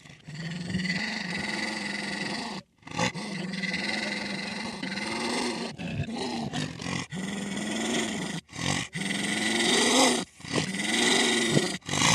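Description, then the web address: Wolf growling: deep harsh rumbles rising and falling in pitch, several separate bouts with short breaks, over a steady noisy background. "wolves"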